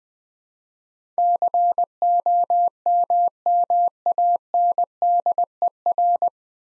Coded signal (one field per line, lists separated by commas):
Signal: Morse code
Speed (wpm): 21 wpm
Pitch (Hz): 700 Hz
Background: none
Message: COMMANDER